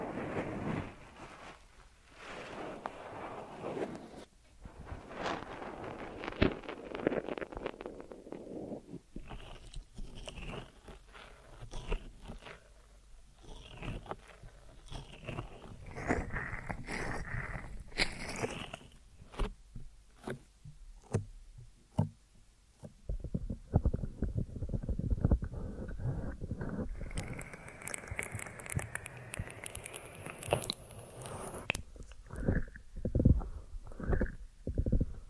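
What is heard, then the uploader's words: Deep ear massage sounds: soft rubbing and squishing come in dense, uneven strokes with many quick crackling taps. Around the middle the strokes turn sparser and sharper, then from about 23 seconds a fuller, rumbling rub takes over, with a brighter hissing stretch near 27 to 31 seconds. ASMR Deep Ear Massage for Sleep(No Talking).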